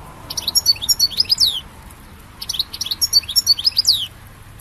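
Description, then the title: European goldfinch song, two similar phrases of high, liquid twittering notes with short slurred whistles, separated by a short gap. "Chant Chardonneret"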